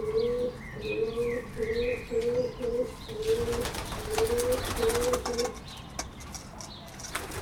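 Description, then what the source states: Pigeon giving a run of low, purring coos for about five seconds, with clicking and rustling noises alongside. Berlin, Germany, 2022.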